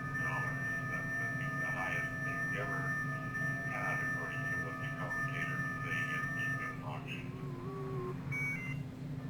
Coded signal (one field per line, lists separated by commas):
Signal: FT8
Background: speech